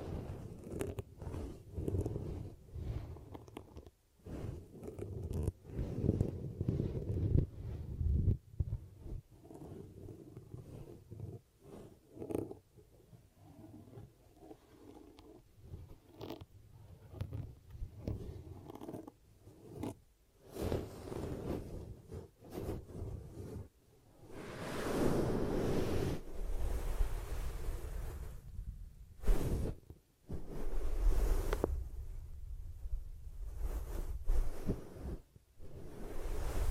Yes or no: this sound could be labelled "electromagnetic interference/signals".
no